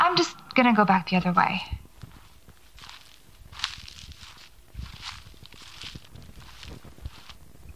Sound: footsteps

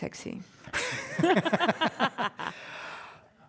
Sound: laughter

